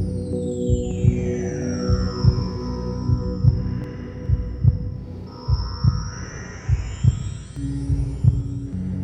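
Muffled, low thumps at about 50 a minute, fairly regular, sit under a steady low hum, with chime-like bell tones sweeping down and then back up above them. This is a soothing sound of the mother's heartbeat as heard from inside the womb.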